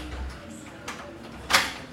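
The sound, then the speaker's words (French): A bathroom door is pushed shut with a soft bump. A moment later comes a sharper, louder clack as it latches and is locked with a key, over a low steady hum. “Ah non, non, elle la ferme, elle a la clé.”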